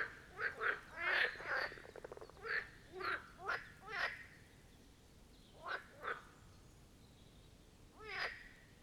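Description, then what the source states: Marsh frogs give quick rattling croaks in rapid succession for about four seconds, then fall quiet, with only scattered single croaks afterwards. Marsh frog chorus at the Birkensee, Schönbuch, Germany; recorded on one of the first properly hot summer days, 2023.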